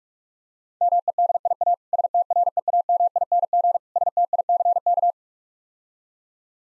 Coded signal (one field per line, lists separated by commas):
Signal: Morse code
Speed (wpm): 48 wpm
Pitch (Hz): 700 Hz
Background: none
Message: MEDIA STREAMING STICK